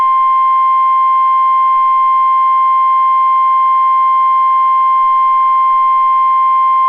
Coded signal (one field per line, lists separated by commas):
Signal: Emergency Alert System (SAME) tones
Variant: 1050 Hz attention tone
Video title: 1/19/22 - WNG676 Required Weekly Test (EAS #340)